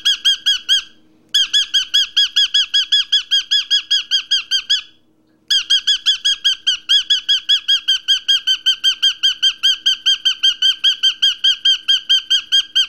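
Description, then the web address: Parrot giving a long, steady string of rapid nasal arched calls, broken only by two brief pauses. "попугай"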